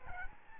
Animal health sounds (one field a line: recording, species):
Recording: mosquito wingbeat signal from an infrared sensor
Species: Aedes albopictus